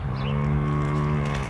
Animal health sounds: contact call of a hoofed animal; cattle; low-frequency (closed-mouth) or high-frequency (open-mouth) call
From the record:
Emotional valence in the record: negative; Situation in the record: full separation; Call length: 1.50 s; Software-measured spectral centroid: 1800 Hz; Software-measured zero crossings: 970 a second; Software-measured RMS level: -24 dBFS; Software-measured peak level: -13 dBFS

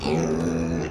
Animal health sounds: contact call of a hoofed animal; pig; closed-mouth grunt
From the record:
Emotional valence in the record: negative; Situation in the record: short social isolation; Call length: 0.92 s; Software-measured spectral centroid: 1970 Hz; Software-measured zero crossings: 1220 a second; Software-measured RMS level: -24 dBFS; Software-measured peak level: -11 dBFS

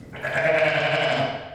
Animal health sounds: contact call of a hoofed animal; sheep; low-frequency (closed-mouth) or high-frequency (open-mouth) call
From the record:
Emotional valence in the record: negative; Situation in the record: short social isolation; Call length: 1.55 s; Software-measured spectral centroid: 1920 Hz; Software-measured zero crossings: 2400 a second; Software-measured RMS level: -23 dBFS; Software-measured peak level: -9 dBFS

